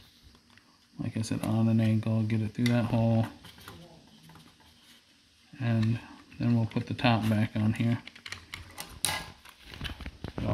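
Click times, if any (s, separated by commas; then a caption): 9.0 s. Someone talks while the plastic top cover of a Yuneec Mantis Q drone is pressed back onto the body after the compass relocation. A few light plastic taps lead to a sharp snap at 9.0 s as the top shell seats in place.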